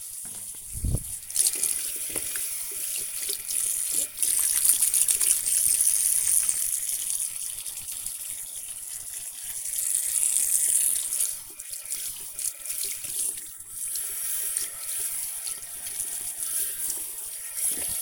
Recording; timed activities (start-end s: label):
household activities, microphone on the right wrist
0.00-18.02 s: washing hands